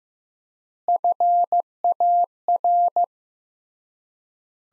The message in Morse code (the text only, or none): FAR